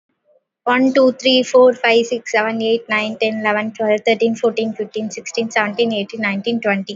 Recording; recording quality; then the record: counting at a normal pace; excellent, no background noise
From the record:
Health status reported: COVID-19 positive, no symptoms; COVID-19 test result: positive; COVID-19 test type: RT-PCR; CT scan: not taken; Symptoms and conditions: none ticked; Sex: female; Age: 23 years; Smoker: no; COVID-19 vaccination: both doses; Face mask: worn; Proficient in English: yes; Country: India